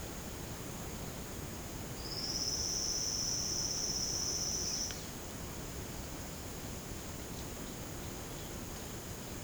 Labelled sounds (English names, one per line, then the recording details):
none
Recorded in secondary vegetation near Puerto Asís, Putumayo, Colombia, on 24 March 2025 at 09:30
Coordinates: 0.488, -76.319
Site G095